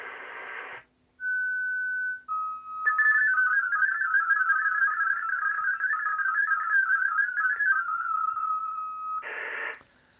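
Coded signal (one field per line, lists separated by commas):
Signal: multi-tone FSK (Olivia or MFSK type)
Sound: hiss burst, steady tone, lower tone, then rapid warbling stepped tones, then hiss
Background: radio static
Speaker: the MFSK always starts with the low tone, ba, dee, dee, dee, dee, dee,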